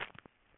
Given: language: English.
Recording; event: throat vibration sensor signal played as sound; swallow